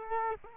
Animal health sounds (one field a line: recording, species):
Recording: mosquito wingbeat signal from an infrared sensor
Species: Culex quinquefasciatus